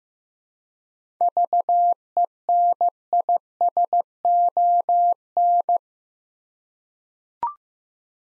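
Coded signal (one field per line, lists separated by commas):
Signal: Morse code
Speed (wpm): 15 wpm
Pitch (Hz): 700 Hz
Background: none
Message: VENISON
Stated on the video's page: Morse practice set at 15 wpm of difficult words with contextual hints.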